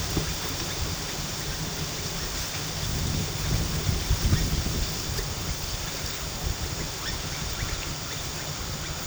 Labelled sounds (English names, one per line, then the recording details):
none
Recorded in pastures near Puerto Asís, Putumayo, Colombia, on 24 March 2025 at 18:00
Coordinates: 0.487, -76.322
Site G077